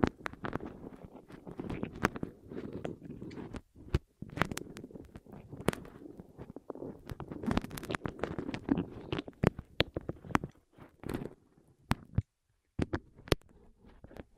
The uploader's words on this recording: ASMR Rolling On Your Ears (No Talking).